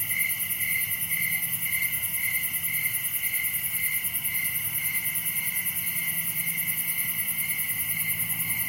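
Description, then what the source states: Crickets chirping in a dense chorus, steady pulsed trills with a faint rhythmic swell about twice per second, a high shimmering insect buzz above, and a soft low rumble. Recorded at night during summer in a wooded area, Dell Creek State Wildlife Area; crickets are the main sound.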